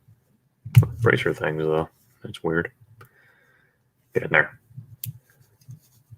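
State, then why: Seated. A small plastic building brick piece is pushed onto a construction-toy figure model while someone talks. A sharp snap is heard at 5.0 s as the piece seats into place.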